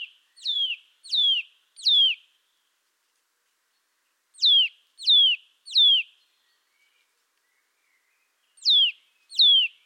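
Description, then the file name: Eurasian nuthatch calls, loud downslurred whistled notes given mostly in groups of three, with pauses between groups. "Sitta europaea"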